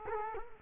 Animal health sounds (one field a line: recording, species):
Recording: mosquito wingbeat signal from an infrared sensor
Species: Culex quinquefasciatus